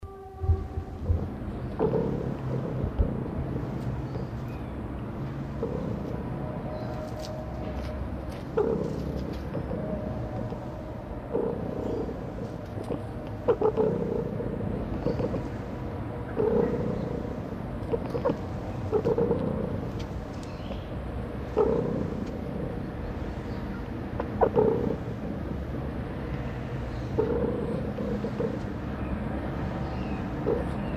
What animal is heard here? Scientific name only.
Otocyon megalotis